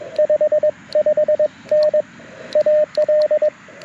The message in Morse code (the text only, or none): 55N AL